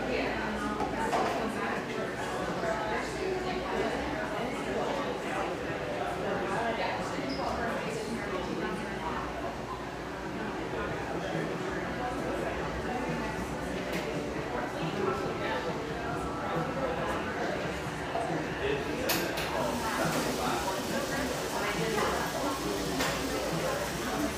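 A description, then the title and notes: In Portland's Pearl District, a steady wash of overlapping voices and street clatter continues throughout, with scattered clicks and a brighter burst near twenty seconds. Pearl District, Portland, Oregon.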